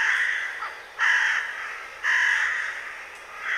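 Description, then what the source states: Raven calls, harsh drawn-out croaks repeated about once a second, four loud calls with no other clear sounds. Played recording; call similar to a crow's but more intense and more diabolical-sounding.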